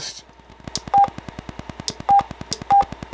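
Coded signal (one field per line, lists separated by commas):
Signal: none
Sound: radio's button beeps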